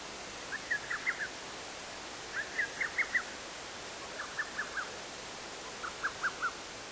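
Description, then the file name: Little Cuckoo song: four short phrases of four or five quick, sharp notes, spaced nearly two seconds apart, with soft background hiss. "little cuckoo"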